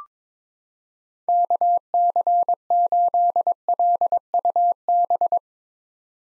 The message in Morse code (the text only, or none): KC8LUB